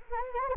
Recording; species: mosquito wingbeat signal from an infrared sensor; Anopheles gambiae